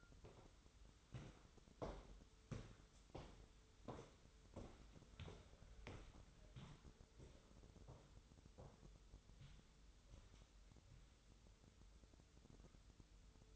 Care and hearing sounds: daily activity, microphone in the room; walk to room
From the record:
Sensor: 3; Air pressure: 988.2 hPa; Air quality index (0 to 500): 177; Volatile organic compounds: 159 ppm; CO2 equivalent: 4060 ppm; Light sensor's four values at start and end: 24/75/32/27 and 24/75/31/27

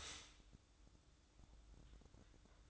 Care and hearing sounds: daily activity, microphone in the room; stop toaster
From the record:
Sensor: 3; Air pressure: 1007.2 hPa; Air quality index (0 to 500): 54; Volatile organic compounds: 1 ppm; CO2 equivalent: 591 ppm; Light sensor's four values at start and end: 8/18/7/7 and 8/18/7/7

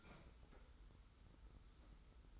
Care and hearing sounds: daily activity, microphone in the room; open fridge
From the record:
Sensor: 3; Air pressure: 991.0 hPa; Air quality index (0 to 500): 120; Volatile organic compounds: 94 ppm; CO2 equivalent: 3715 ppm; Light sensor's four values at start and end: 31/74/30/28 and 31/74/30/28

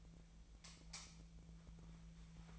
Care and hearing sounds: daily activity, microphone in the room; light off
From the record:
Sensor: 1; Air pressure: 1009.8 hPa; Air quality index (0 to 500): 190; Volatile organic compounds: 18 ppm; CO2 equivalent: 2607 ppm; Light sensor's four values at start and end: 45/130/53/60 and 34/86/36/43

